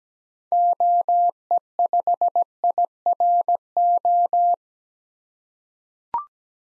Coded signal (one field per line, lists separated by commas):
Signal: Morse code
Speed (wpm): 17 wpm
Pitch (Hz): 700 Hz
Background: none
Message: OE5IRO